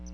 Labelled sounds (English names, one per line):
Palm Warbler flight call